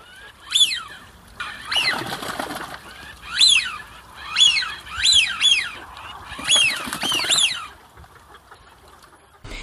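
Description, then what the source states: Eurasian wigeon whistles: clear rising-then-falling whee-oo notes, given singly and in quick overlapping bursts by several birds over about eight seconds, with a quiet background. Whistles rather than quacks; common autumn and spring migrant, sometimes overwinters; most often seen on flooded, marshy areas.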